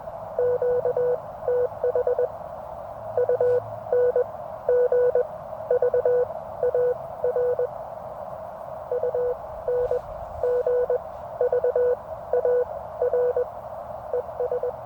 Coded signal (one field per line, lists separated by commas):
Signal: Morse code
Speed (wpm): 20 wpm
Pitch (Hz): 490 Hz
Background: none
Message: QTH UNGVAR UNGVAR ES